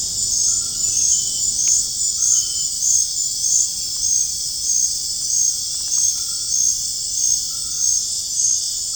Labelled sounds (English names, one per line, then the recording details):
none
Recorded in dense forest near Puerto Asís, Putumayo, Colombia, on 29 June 2025 at 19:30
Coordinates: 0.481, -76.323
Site G072